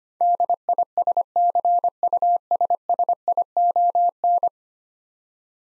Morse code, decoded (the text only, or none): DISCUSSION